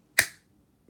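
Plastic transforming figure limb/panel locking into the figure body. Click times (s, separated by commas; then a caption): 0.2 s. A plastic Dinobot transforming figure has a limb/panel raised all the way up until it locks into the figure body. A single sharp, loud click is heard at 0.2 s and rings briefly before fading, followed by a faint tap near the end. The part is seated in place.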